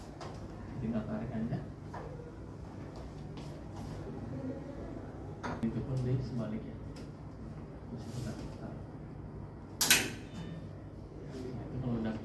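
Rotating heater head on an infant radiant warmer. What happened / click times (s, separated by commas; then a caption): The rotating head locked into its new position / 9.8 s, 9.9 s. The radiant heater head of an infant warmer is pulled and rotated to the other side while someone talks. A loud, sharp click-hit at 9.8 s and 9.9 s marks the head locking into its rotated position, and it is seated.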